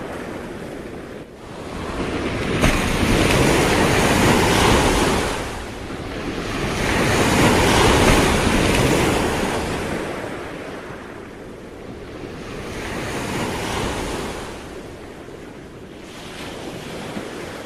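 The sea roars along the coast at Camarones, Chubut, in slow swelling surges of dense rushing water. Waves build and break roughly every five or six seconds, loudest around four and eight seconds. Low wind rumble buffets underneath throughout.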